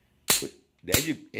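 A thumb pushes down the slide stop button on a handgun, releasing the locked-back slide, which slams forward into battery with a sharp metallic snap at 0.3 s. Afterward, someone talks briefly. The slide is released and closed.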